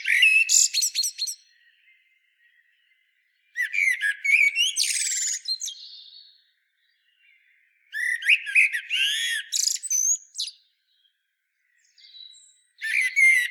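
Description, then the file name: Common blackbird song in four bursts, each a tumble of short whistled notes and high chattering twitters with quiet gaps between them. "Turdus merula"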